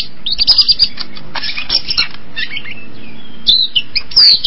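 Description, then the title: Long-tailed shrike singing a varied mix of harsh squawks, chattering notes and thin whistled phrases, with scattered clicks in between. Combination song. "Cendet Kombinasi"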